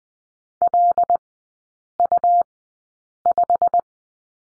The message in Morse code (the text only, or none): LU5